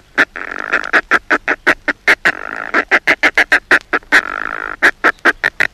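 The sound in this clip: Northern fulmar calls, a steady run of quick, harsh cackling notes, several per second, with short grating bursts between them.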